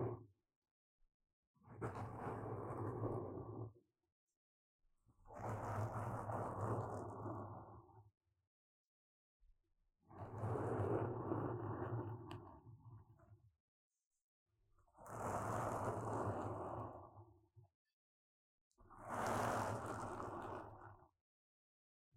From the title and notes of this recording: Intense Brain Scratching. No Talking.